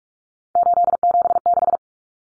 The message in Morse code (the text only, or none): 876